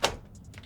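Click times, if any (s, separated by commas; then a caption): 0.0 s. A large Gigabyte RTX 2080 Super graphics card is pressed down into a motherboard's PCIe slot until the slot's retention latch gives a sharp, satisfying click at 0.1 s. A few faint ticks follow. The card is seated.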